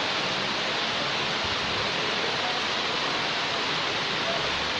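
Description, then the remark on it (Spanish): A steady, unbroken hiss of falling water, like heavy rain pouring down, holding an even loudness throughout with no separate drips or pauses standing out. “Si usted se tiene que mover porque le está cayendo agua, muévase.”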